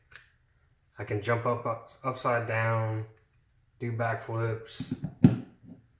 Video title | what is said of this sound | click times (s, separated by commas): B3 Concealment AC1 holster | can set in flush. And you also hear that click. | 0.2 s